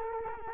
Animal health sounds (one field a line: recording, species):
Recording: mosquito wingbeat signal from an infrared sensor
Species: Culex quinquefasciatus